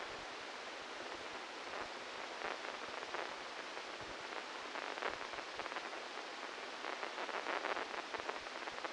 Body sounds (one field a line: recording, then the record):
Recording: brain microelectrode recording played as sound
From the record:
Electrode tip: inside the subthalamic nucleus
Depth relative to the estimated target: -2 mm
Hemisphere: left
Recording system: NeuroSet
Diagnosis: Parkinson's disease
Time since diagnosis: 12 years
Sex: male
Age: 61 years